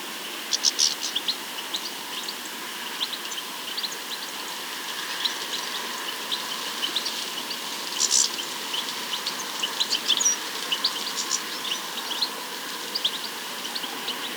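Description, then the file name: European goldfinch twittering: scattered, tinkling high chirps throughout, a denser burst around the middle, over constant background hiss. "Carduelis carduelis"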